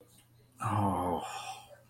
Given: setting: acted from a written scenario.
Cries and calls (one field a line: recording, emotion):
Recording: vocal sound without words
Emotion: sympathy